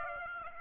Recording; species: mosquito wingbeat signal from an infrared sensor; Aedes aegypti